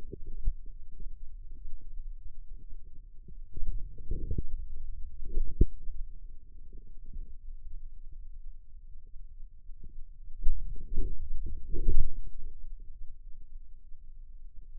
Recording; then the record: forearm muscle sounds (acoustic myography)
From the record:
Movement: outward rotation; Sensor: system 2, bracelet of six BSWA MPA416 microphones around the upper forearm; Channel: 5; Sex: male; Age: 22 years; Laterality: right